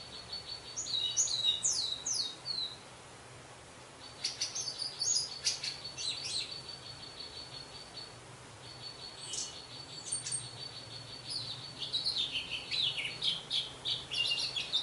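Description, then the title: Orange-headed thrush singing almost continuously, a varied stream of high warbles and scratchy notes with only brief breaks. "Anis Merah"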